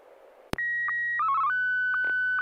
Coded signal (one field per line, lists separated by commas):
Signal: SSTV (slow-scan television)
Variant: Martin 1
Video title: N6NA SSTV Net - 11/26/2025